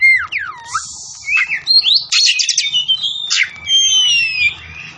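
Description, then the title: Oriental magpie-robin singing loud, varied phrases: sweeping whistled slurs, then rapid chattering bursts and long clear descending whistles, with a faint low hum beneath. Tretes; singing vigorously, described as gacor. "Kacer Tretes"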